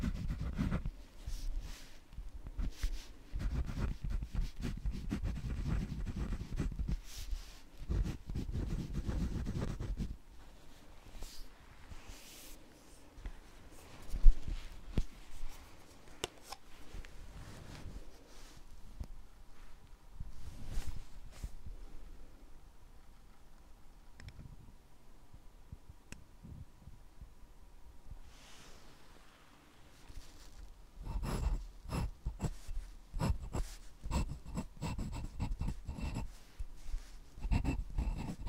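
Pen writing on paper, a dense run of scratchy strokes and low rubbing through the first ten seconds, then a sparser middle with a sharp tap near fourteen seconds and quieter scattered scrapes. From about thirty-one seconds, quick busy strokes return, louder and brighter.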